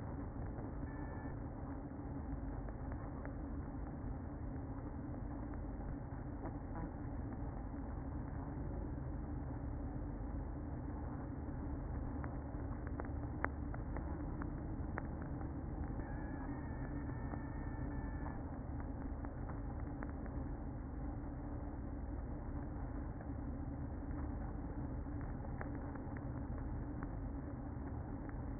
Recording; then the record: honeybee colony, microphone inside the hive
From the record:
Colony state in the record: queen present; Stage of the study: after two queens were removed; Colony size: about 60,000 bees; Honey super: yes